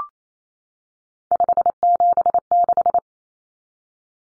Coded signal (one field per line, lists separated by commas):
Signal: Morse code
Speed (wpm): 28 wpm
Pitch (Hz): 700 Hz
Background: none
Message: 576